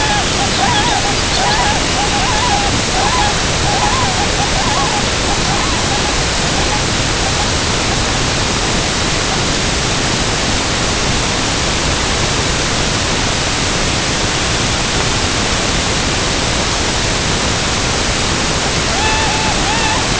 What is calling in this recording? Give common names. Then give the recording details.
Tundra Swan. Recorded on Arctic tundra, site UTQI-5, on 21 June 2018. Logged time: 06:00